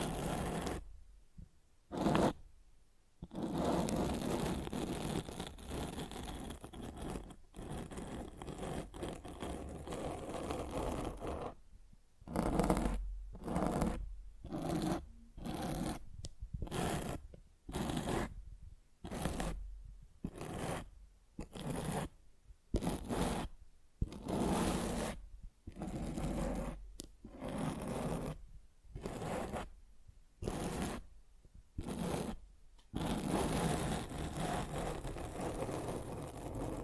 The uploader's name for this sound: Mic Scratching